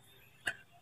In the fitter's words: Nanti dia bunyi klik. Tu dah masuk dah tu.